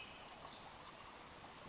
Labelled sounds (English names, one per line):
Pacific Wren